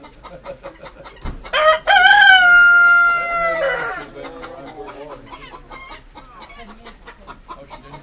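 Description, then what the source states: Chickens clucking, interrupted by one loud drawn-out crow lasting about two seconds, then the flock's rapid clucking chatter resumes. Hens, Campsea.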